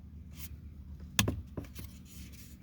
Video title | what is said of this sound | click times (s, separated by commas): Fix Your Broken VW Mirror Switch for Under $15 - QUICK AND SIMPLE! | Then just push this in and it should click. | 1.2 s